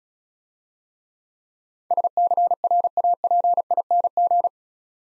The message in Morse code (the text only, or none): SCRAPING